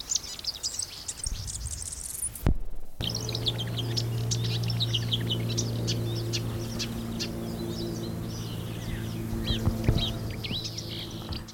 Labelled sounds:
Marsh Warbler (Acrocephalus palustris)
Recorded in the wild
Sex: male
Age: adult
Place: Karower Teiche, Naturpark Barnim, Berlin, DE
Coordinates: 52.622, 13.46
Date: 1992-05-16 11:20
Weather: sonnig, ca. 20-22°C
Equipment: Nagra SN, Mikrofon AKG CK 8, Kopie Tesla B 116
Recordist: Tembrock, Günter
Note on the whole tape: Karower Fischteiche; Gesang, ca. 5 - 7 min

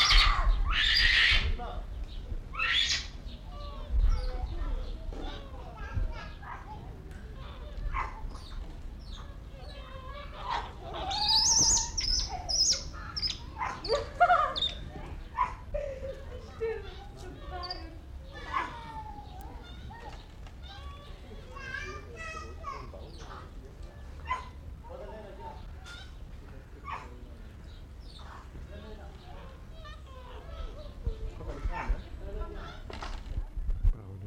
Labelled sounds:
Weeper Capuchin (Cebus olivaceus)
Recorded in captivity
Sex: group
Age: diverse
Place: Zoo Berlin, Berlin, DE
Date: 1994-08-06 13:46
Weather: wolkig bis heiter, 24-28°C
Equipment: Marantz CP 430, Sennheiser ME 80, Kopie Uher Variocord 263
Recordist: Tembrock, Günter
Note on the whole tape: Diverse Laute in Gruppe nach Fütterung, vorwiegend agonistisch

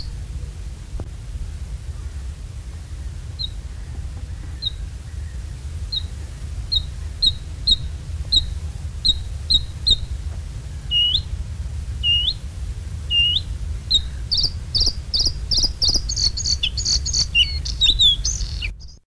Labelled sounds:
Bluethroat (Luscinia svecica) song
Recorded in the wild
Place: Neustadt am Rübenberge, Niedersachsen, DE
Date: 1967-05-27
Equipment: Halbspur, 9,5 cm/s
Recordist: Lütgens, Hans
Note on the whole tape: Totes Moor: Gesang

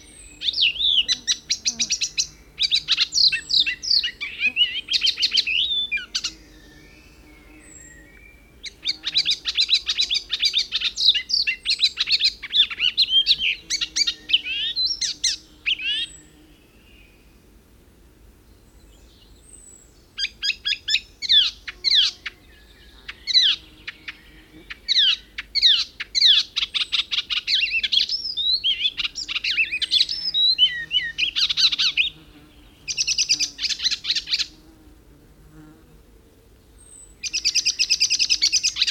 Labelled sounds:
Icterine Warbler (Hippolais icterina) song
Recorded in the wild
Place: Kamminke, Insel Usedom, Mecklenburg-Vorpommern, DE
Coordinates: 53.87, 14.206
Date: 1975-06-15
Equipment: Nagra III BH, Sennheiser MD 21, parabola
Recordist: Schubert, Michael
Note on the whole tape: Gesang Gelbspötter

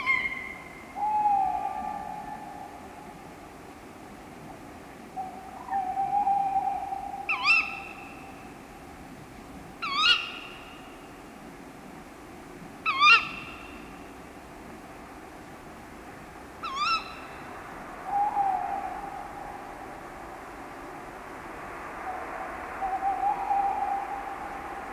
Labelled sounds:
Tawny Owl (Strix aluco)
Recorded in the wild
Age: adult
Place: Auweiher Wört, Baden-Württemberg, DE
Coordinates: 49.0414, 10.2531
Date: 1971-05-05
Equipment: Uher Report 4200, Scotch-Classic 19cm, AKG D190C in Doppelparabolreflektoren
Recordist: Krey, Winfried

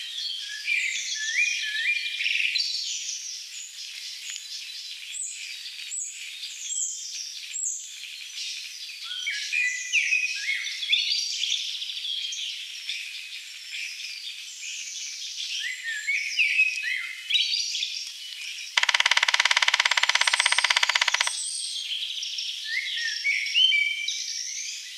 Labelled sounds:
Grey-headed Woodpecker (Picus canus) song
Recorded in the wild
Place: Waltershofen / Freiburg im Breisgau, Baden-Württemberg, DE
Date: 1978-05-16
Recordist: Schwarz, Dieter
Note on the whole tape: Song

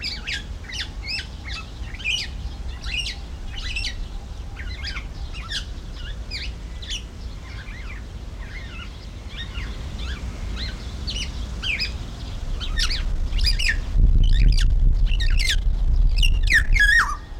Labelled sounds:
Black-naped Oriole (Oriolus chinensis)
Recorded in captivity
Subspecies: celebensis
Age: adult
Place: Zoo Berlin, Berlin, DE
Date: 1994-03-26 11:06
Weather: 4-5°C, bedeckt, z.T. Regen
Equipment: Marantz CP 430, Sennheiser ME 80, Kopie Uher Variocord 263
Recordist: Tembrock, Günter

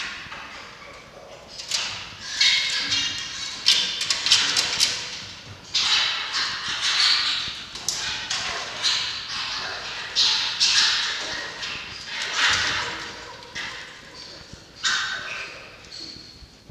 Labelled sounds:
Red Fox (Vulpes vulpes)
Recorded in captivity
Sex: male
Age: juvenile
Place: Zoologisches Institut der HUB, Berlin, DE
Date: 1952-07-14 14:25
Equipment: Elmetra
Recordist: Tembrock, Günter
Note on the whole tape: Toni wird beim Fressen vom Beobachter gestört. Welpe Toni: Keckern und Keifen (?) mit vollem Maul

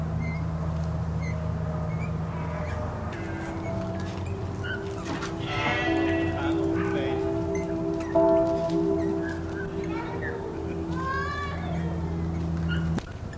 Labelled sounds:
Eurasian Bullfinch (Pyrrhula pyrrhula)
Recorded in the wild
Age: adult
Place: Untertweng, AT
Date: 1971-02-21
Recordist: Brunner, Thomas

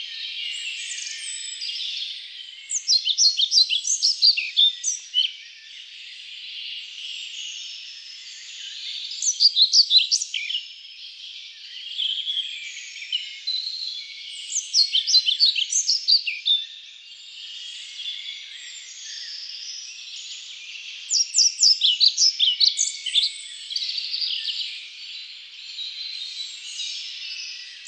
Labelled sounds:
European Pied Flycatcher (Ficedula hypoleuca) song
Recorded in the wild
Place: Waltershofen / Freiburg im Breisgau, Baden-Württemberg, DE
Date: 1999-05-24
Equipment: MiniDisc Sony MZ-R35, Telinga DAT, Telinga-Parabolspiegel
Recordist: Schwarz, Dieter

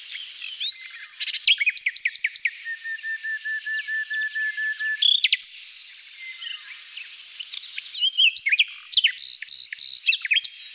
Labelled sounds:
Common Nightingale (Luscinia megarhynchos) song
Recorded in the wild
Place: NSG Taubergießen / Reg.-Präs. Freiburg im Breisgau, Baden-Württemberg, DE
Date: 1989-05-23
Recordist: Schwarz, Dieter
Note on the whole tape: Song

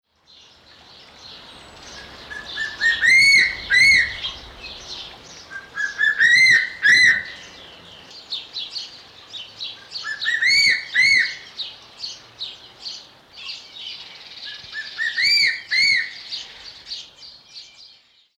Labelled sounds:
Crested Serpent Eagle (Spilornis cheela)
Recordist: Tembrock, Günter
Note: Rufreihen

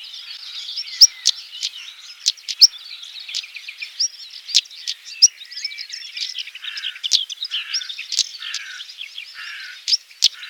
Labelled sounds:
European Stonechat (Saxicola rubicola) song
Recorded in the wild
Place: Waltershofen / Freiburg im Breisgau, Baden-Württemberg, DE
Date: 2009-05-17
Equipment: MiniDisc Sharp MT 20 H
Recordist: Schwarz, Dieter

